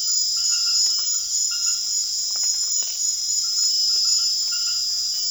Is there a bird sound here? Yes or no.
no